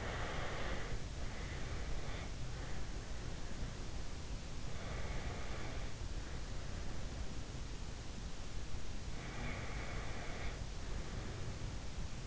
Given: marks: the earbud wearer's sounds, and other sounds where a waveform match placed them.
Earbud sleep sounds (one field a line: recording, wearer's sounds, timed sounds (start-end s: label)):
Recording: sounds in sleep by an in-ear microphone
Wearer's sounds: breath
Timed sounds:
0.00-4.29 s: breath
4.49-7.31 s: breath
9.02-12.27 s: breath